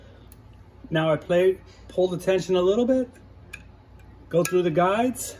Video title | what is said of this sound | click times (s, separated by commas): Consew 369RB-2 Split Needle Bar High Post Sewing Machine 3/8 Gauge | and it clicks into place | 0.3 s